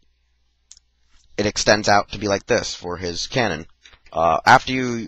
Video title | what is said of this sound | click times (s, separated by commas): Rolling Review: Transformers DotM Shockwave | locks into place and it | 0.7 s